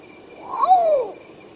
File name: canto do urutau pardo